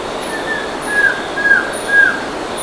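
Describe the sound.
Bird calls: three short, steady mid-pitched notes, each ending in a slight downward flick, spaced about half a second apart over a soft hiss.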